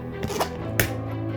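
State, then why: Seated. The second zipper pull of a suitcase is pushed into the suitcase's built-in combination lock slot and snaps in with a sharp click at 0.8 s, locking it. A softer tap comes at about 0.2 s, and music plays quietly throughout.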